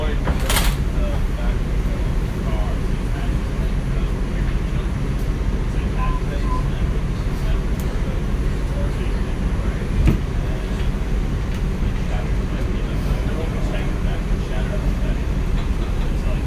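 Street and subway noise in New York City: a dense, steady rumble of traffic or train sits low under a murmur of voices. Brief clicks and clatters break through now and then, with one sharper knock near ten seconds.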